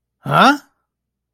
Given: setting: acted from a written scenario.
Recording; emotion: vocal sound without words; negative surprise